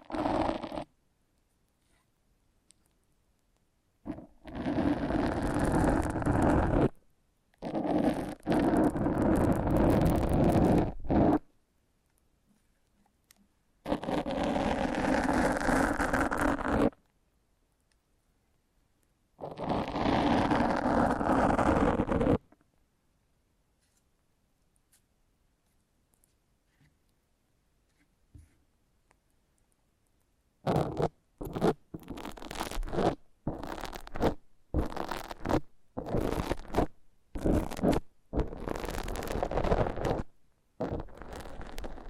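Foam being rubbed and squeezed in long scrubbing bursts of a few seconds each, full and rough from low to bright, separated by silent gaps. After about 30 seconds the rubbing turns into quick, choppy strokes and squeaks that come rapidly until the end.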